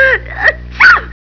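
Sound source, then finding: Adult. Sneeze.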